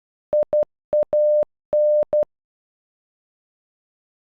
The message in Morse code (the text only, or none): IAN